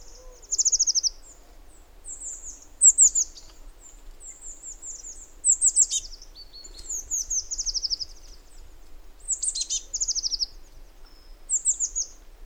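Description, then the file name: Eurasian blue tit calls: very high, thin notes in quick bursts, with fast descending trills of short notes, repeated every second or two throughout. "Cyanistes caeruleus"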